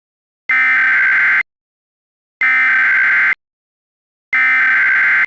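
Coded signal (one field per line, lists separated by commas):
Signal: Emergency Alert System (SAME) tones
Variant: header bursts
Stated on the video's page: Simulated EAS mock alert for a fire.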